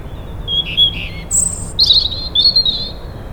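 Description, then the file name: European robin song: a varied string of high, thin whistled notes and quick trills, some very high, over low background hum. "Erithacus rubecula"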